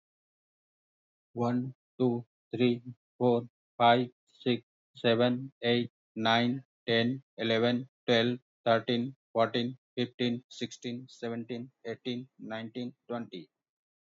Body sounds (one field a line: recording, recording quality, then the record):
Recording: counting at a normal pace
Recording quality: excellent, no background noise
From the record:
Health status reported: healthy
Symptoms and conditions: hypertension, diabetes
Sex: male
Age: 52 years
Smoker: not ticked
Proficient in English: yes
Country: India